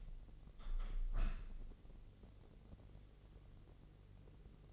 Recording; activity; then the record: daily activity, microphone in the room; open window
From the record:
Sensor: 4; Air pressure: 1013.1 hPa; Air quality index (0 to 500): 173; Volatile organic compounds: 2 ppm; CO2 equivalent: 1090 ppm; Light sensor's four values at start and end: 68/168/70/72 and 63/156/65/68